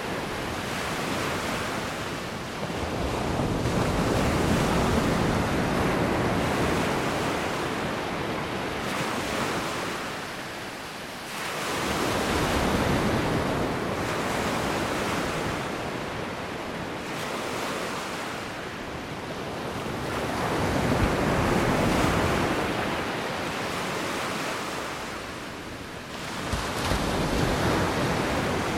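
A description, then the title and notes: Waves wash onto a beach in a continuous, dense roar that swells and recedes in slow cycles, with dips around 2, 11 and 25 seconds. Each surge brings a hissing rush of water, and a low wind rumble sits underneath throughout. Waves on the Beach.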